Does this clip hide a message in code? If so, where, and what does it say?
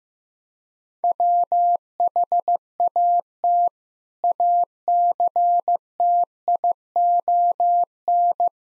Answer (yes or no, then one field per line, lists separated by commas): yes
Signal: Morse code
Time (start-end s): 1.0-8.5 s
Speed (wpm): 15 wpm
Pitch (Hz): 700 Hz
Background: none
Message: WHAT ACTION